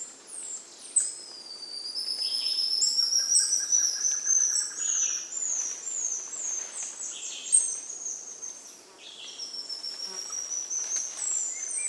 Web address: Natures Songs S America Primates of the Rainforest Golden lion tamarin